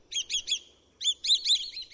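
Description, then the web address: Swallow-tailed Kite giving high, thin chirping notes in rapid runs of several, with a brief gap between the groups. "birdnote-daily- episodio swallow-tailed-kite"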